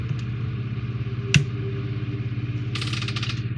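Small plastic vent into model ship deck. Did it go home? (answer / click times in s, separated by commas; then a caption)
yes / 1.3 s. A small plastic vent, set with a little glue, is pressed into the deck of a 1:200 scale RMS Titanic model and seats with a sharp click at 1.4 s. A steady low hum runs throughout, and a short run of brighter rattling ticks follows from about 2.8 to 3.2 s. The vent is seated in place.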